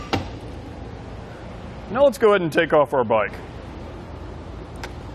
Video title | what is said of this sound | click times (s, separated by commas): etrailer - Is the Kuat NV 2.0 Bike Rack for 2 Bikes Compatible with the 2016 Hyundai Tucson? | put it back in the platform position pretty simple just raise it up until it snaps in now | 0.1 s